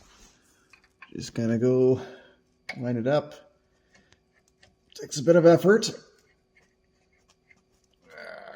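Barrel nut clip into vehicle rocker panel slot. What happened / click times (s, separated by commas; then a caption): The clip was being worked into place but had not yet seated / none. A barrel nut clip is lined up and worked into its slot in a Rivian R1T rocker panel while installing an RMAXX rock slider, taking some effort. Someone talks over quiet handling taps and small scrapes. The clip has not clicked into place yet.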